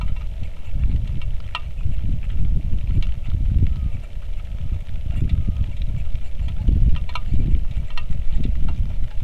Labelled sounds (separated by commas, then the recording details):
bird, wind, rain
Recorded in the Arctic National Wildlife Refuge, Alaska, on 3 August 2019 at 09:31
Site 46